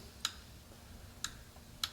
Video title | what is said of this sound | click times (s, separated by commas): Make a Fabricated Vice - Fusion360 | that little click | 0.2 s, 1.2 s, 1.8 s